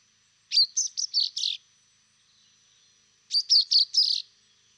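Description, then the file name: Common chaffinch: two quick bursts of about five high, chirpy notes, roughly three seconds apart, over a quiet background. "Fringilla coelebs"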